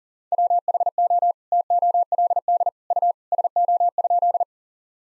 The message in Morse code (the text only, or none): WHO TOLD U SO?